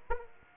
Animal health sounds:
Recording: mosquito wingbeat signal from an infrared sensor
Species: Aedes aegypti

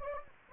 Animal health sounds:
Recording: mosquito wingbeat signal from an infrared sensor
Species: Anopheles gambiae

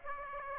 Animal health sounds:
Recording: mosquito wingbeat signal from an infrared sensor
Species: Aedes aegypti

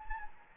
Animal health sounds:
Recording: mosquito wingbeat signal from an infrared sensor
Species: Anopheles gambiae

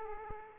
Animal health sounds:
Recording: mosquito wingbeat signal from an infrared sensor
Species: Aedes aegypti

